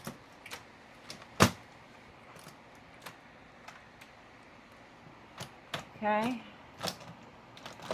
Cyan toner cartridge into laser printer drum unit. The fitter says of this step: Cyan didn't snap.